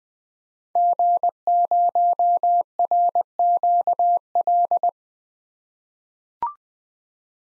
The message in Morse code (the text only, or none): G0RQL